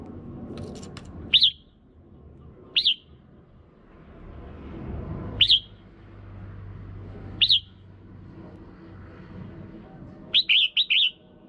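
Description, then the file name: Red-whiskered bulbul calling with single bright, sharp chirps every couple of seconds, ending in a fast triplet, over a low rumbling background. Female. "tieng chao mao mai"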